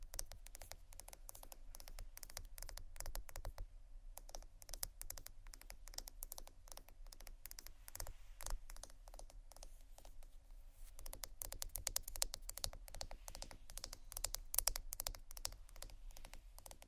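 Fast tapping and scratching fills the whole clip as a dense, rapid run of sharp, bright clicks, almost like busy typing. A short lull comes near four seconds, and after about eleven seconds the taps grow louder and busier over a low, steady hum.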